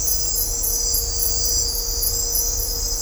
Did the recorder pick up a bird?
no